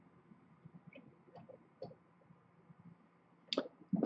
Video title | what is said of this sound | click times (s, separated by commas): Building 2 Computers Live | You line it up here. Press down. Hear the pop. | 3.5 s